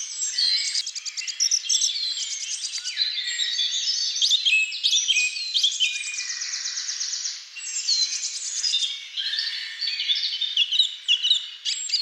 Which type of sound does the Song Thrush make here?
song